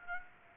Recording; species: mosquito wingbeat signal from an infrared sensor; Aedes aegypti